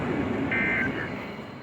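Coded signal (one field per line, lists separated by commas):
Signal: Emergency Alert System (SAME) tones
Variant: end-of-message bursts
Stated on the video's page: Severe thunderstorm warning received via EAS/NOAA Weather Radio.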